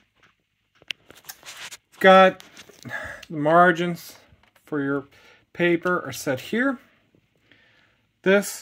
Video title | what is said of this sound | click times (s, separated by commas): Vintage Blue Smith Corona Coronet Super 12 Electronic Typewriter | just slide it right back in the slot and push till it snaps | 0.9 s